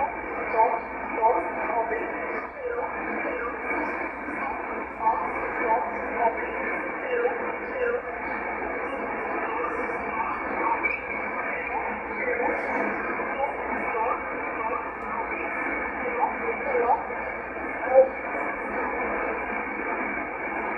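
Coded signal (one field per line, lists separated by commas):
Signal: numbers station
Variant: E11 Oblique, English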